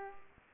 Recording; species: mosquito wingbeat signal from an infrared sensor; Culex pipiens